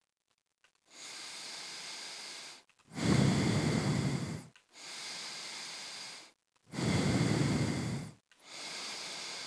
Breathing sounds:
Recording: nose breathing near a microphone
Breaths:
0.63-2.68 s: inhalation
2.68-4.53 s: exhalation
4.53-6.43 s: inhalation
6.43-8.28 s: exhalation
8.28-9.47 s: inhalation
From the record:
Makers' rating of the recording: medium

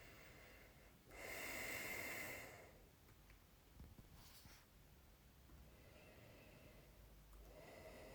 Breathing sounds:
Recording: nose breathing near a microphone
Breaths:
0.00-0.95 s: inhalation
0.95-2.95 s: exhalation
5.34-7.18 s: inhalation
7.18-8.15 s: exhalation
From the record:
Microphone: phone

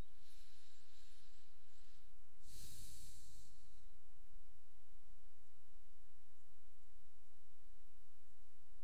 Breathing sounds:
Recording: nose breathing near a microphone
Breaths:
0.00-2.44 s: inhalation
2.44-3.64 s: exhalation
From the record:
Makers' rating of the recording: medium

